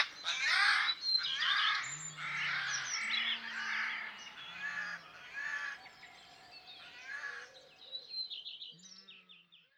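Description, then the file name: Eurasian jay producing a run of rough, croaking screeches that fade gradually, with some low tones and some high thin bird notes near the end. "geai des chenes"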